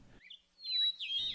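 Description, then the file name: Hermit thrush phrase: a long pure whistle that dissolves into a quick, warbling flourish of high fluty notes. "the hermits song"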